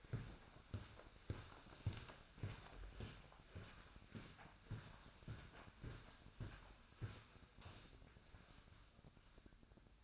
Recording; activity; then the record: daily activity, microphone in the room; walk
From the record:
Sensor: 2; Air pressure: 1009.2 hPa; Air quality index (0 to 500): 181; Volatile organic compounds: 3 ppm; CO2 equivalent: 1317 ppm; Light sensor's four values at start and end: 49/127/54/61 and 46/122/52/58